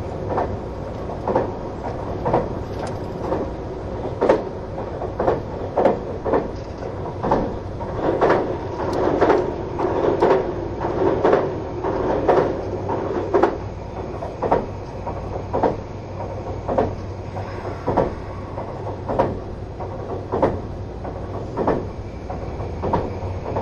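A train runs steadily along the track, its low engine and motor drone continuous throughout. Regular clicks from the rails arrive roughly every second or so, some sharper than others, with a slight swell in the motor's hum around the middle.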